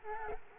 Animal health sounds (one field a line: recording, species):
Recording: mosquito wingbeat signal from an infrared sensor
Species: Culex quinquefasciatus